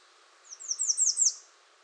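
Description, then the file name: American redstart with a quick phrase of five high downslurred notes, the last ones loudest. Recorded 21 June 2019. "2019-06-21 American Redstart"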